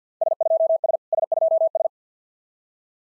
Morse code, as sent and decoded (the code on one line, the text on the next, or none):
... ..--- ... / ... ..--- ...
S2S S2S